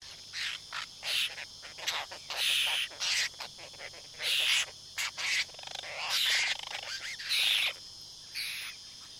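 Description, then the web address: Apostlebird group calling, harsh scratchy rasping notes from several birds in bursts, overlapping with rapid ticking clicks throughout. "Foundation Updates BIRD APOSTLE BIRD GROUP CALL"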